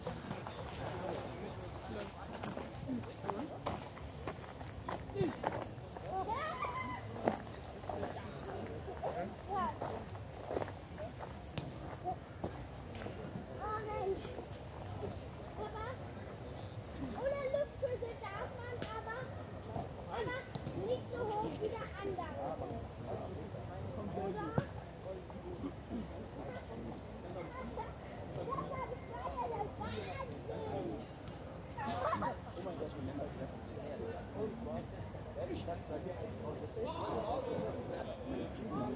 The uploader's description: the vibrant mix of people passing by, fragments of conversations, distant Blaskapelle, and the distant sounds of football and badminton matches